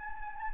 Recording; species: mosquito wingbeat signal from an infrared sensor; Anopheles gambiae